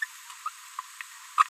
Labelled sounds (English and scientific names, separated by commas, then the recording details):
Green-rumped Parrotlet (Forpus passerinus) babbling
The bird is a female
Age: 30 days
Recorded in a nest box in Venezuela
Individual 17B73B3